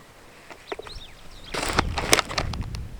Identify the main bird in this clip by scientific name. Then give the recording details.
Lamprotornis superbus. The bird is a female. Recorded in Kenya on 17 June 2010. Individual 122, of group WDB